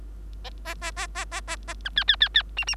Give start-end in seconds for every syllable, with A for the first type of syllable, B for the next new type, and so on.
0.65-0.74 A, 0.81-0.91 A, 0.96-1.07 A, 1.15-1.25 A, 1.31-1.41 A, 1.47-1.56 A, 1.67-1.74 A, 1.85-1.90 B, 1.96-2.04 C, 2.08-2.16 C, 2.20-2.29 C, 2.34-2.43 C, 2.57-2.65 D, 2.67-2.75 D